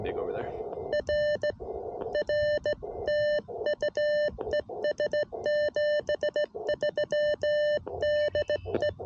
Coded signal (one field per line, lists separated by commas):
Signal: Morse code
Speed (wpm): 17 wpm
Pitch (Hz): 600 Hz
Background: speech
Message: R R TU ES 73 DE